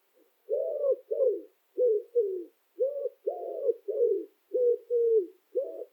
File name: chant pigeon ramier